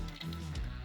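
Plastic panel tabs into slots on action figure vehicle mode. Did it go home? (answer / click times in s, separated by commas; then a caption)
no / none. Plastic panels on an action figure's vehicle mode are pushed together by hand so their tabs engage in the slots, with brief handling ticks around 0.2, 0.3 and 0.6 seconds over a steady low background tone. Nothing has seated yet; the panels are still being handled and not yet home.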